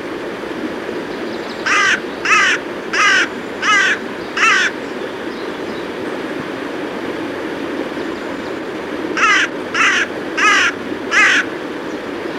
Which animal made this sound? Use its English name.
Carrion Crow